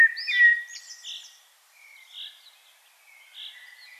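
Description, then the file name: Common blackbird song: one short fluty warbled phrase at the start, then faint high twittering and soft chirping notes. "Turdus merula"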